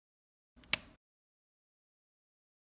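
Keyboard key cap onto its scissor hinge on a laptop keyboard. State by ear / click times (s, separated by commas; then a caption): seated / 0.7 s. A small plastic key cap on an Apple MacBook Pro laptop keyboard is lined up over its scissor hinge clip, with its tabs intact and not bent, and pressed down. A faint tap at 0.6 s is followed by a sharp snap at 0.7 s, then silence. The key cap is seated on its hinge.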